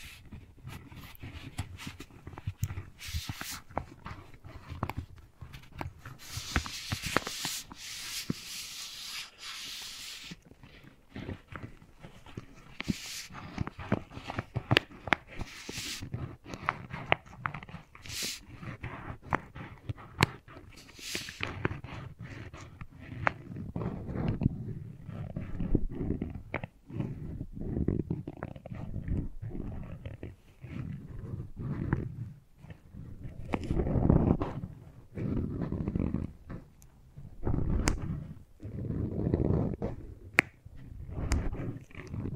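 Wooden balls are handled and knocked together in a close, dense stream of clicks, taps and low rolling rubs. Around 6 to 10 seconds a bright scratchy hiss rises, and later the sounds turn into fuller, thumpier knocks clustered in quick bursts.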